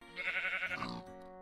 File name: IRy S meet a sheep